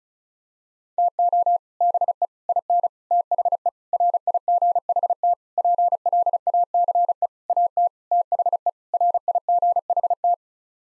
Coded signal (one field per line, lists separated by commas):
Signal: Morse code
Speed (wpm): 34 wpm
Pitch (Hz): 700 Hz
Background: none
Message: TO BE IN THE RIGHT PLACE AT THE RIGHT